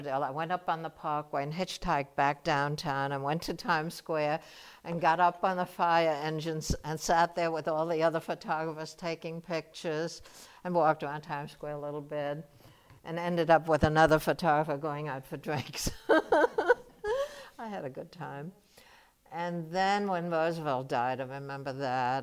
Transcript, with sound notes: I went up on the parkway and hitchhiked back down and went to Times Square and got up on the fire engines and sat there with all the other photographers taking pictures and walked around Times Square a little bit and ended up with another photographer going out for drinks. [laughs] I had a good time. And then when Roosevelt died, I remember that.